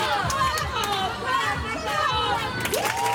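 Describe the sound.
A large crowd at a gymnastics competition in the Topsportcentrum in Rotterdam roars and cheers steadily throughout, a dense wash of many voices with scattered higher shouts and whistles rising above the noise.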